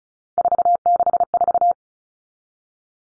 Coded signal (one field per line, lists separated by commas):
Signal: Morse code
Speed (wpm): 34 wpm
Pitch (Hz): 700 Hz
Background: none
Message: 464